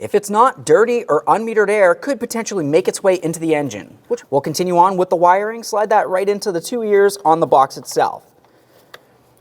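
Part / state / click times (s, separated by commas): electrical connector into mass airflow sensor / seated / 8.9 s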